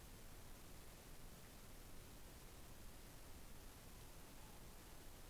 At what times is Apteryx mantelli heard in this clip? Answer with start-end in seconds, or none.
none